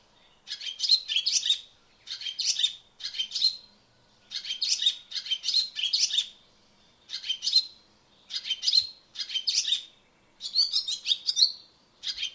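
Barn swallow twittering in many bursts of rapid high chirps and notes, separated by short silent gaps.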